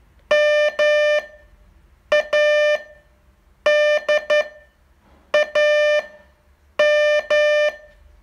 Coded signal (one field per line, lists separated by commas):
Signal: Morse code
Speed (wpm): 12 wpm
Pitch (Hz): 600 Hz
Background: none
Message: MADAM